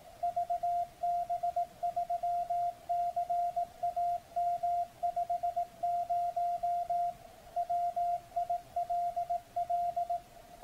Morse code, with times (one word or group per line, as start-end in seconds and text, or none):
0.2-7.1 VB3CAM50
7.6-10.2 WILL